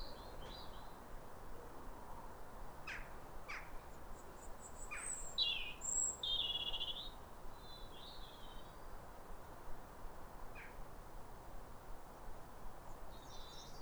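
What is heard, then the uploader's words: Robins sing in short, thin, high phrases over a steady low rumble that fills the whole clip. The brightest, busiest song comes around five to seven seconds, with a few sharp clicks and softer calls scattered elsewhere. A chorus of New Year's robins. After weeks of rain, it's a clear, calm rosy sunrise. A pair of robins in neighbouring gardens welcome the early sun with wistful phrases as if chatting over the fence. Recorded by Fergus Collins.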